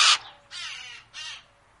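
Harris's hawk harsh calls: one loud rasping burst followed by two softer grating notes.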